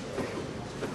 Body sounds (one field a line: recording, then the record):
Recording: coughing mixed with background sound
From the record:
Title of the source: Coughing 77